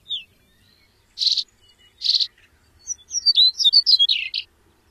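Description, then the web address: Chestnut-collared longspur: a faint short note and two buzzy notes, then a quick tumbling warble of high sweet notes, on a quiet background. "Songs of Birds of North America Stokes. Chestnut-collared Longspur"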